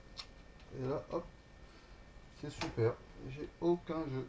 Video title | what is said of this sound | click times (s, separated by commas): Aventure mécanique 1 : changer son jeu de direction vtt sans rien connaître | avait pas de jeu et on a eu le petit clic c'est super | 0.2 s